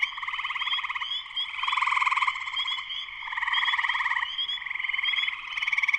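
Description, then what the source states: Spring peeper chorus, a continuous wall of shrill peeps and pulsed trilling rising and falling in strength. Spring peepers in full chorus shortly after sunset, Sleeping Bear Dunes National Lakeshore, northern Michigan, USA.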